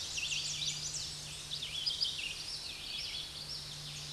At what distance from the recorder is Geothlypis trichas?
about 50 m